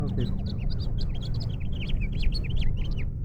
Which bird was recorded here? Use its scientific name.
Haemorhous mexicanus